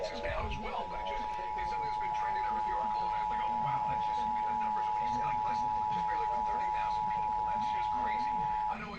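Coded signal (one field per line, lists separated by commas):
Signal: Emergency Alert System (SAME) tones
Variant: 853 and 960 Hz attention tone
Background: speech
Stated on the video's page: Georgia required monthly tests received on four FM and AM radio stations.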